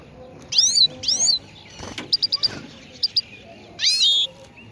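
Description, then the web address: Chegolín song of looping, slurred high notes alternating with short clipped chirps, over a soft background hiss. Morning song, bird on the roof of a house. "el canto matutino del chegolin en el tejado de casa"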